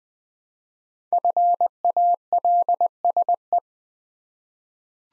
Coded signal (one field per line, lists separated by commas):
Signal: Morse code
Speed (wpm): 20 wpm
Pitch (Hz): 700 Hz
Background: none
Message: FALSE